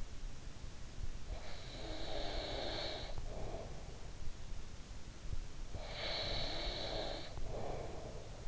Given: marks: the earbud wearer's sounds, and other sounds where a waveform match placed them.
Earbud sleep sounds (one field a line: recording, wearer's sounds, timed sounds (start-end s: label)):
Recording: sounds in sleep by an in-ear microphone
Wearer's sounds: breath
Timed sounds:
1.17-4.03 s: breath
5.56-8.48 s: breath